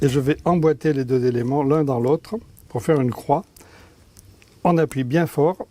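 Someone talks while pushing the two interlocking halves of a cross-shaped spacer for a ceramic-tile terrace firmly into each other, with a couple of faint handling ticks around 4.2 s and 4.4 s. The clip ends before the parts go home, and nothing has seated or clicked yet.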